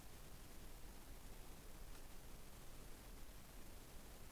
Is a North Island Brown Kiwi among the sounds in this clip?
no